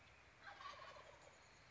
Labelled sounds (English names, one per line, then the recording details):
Wild Turkey
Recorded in Sonoma County, California